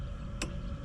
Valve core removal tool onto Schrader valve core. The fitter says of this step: heard it snap